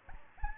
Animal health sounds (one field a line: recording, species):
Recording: mosquito wingbeat signal from an infrared sensor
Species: Aedes albopictus